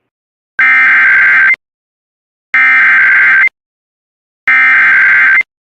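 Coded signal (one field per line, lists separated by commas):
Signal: Emergency Alert System (SAME) tones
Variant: header bursts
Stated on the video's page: Severe Thunderstorm Warning captured from an internet radio stream on myTuner Radio, with audio relayed from an NPR station in Houston.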